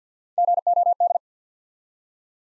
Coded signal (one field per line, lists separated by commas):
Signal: Morse code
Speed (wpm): 50 wpm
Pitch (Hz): 700 Hz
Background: none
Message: G O D